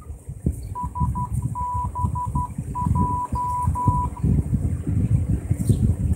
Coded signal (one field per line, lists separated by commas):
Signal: Morse code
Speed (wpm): 12 wpm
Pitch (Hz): 990 Hz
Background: none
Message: SBJ